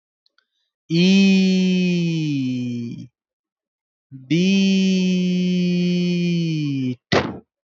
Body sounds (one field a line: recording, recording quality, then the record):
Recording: sustained vowel as in beet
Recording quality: excellent, no background noise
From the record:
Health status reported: healthy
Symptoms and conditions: none ticked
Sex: male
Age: 27 years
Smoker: yes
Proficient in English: yes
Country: India